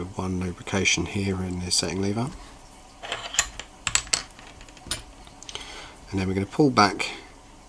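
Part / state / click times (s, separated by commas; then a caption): lever into its position in a watch movement / not seated / none. A small steel lever in an ETA 6498 mechanical watch movement is lubricated and handled during assembly while someone talks. Brief small metallic ticks and taps are heard between about 3.1 and 4.9 seconds. The lever has not yet been pulled back and nothing has seated or clicked yet.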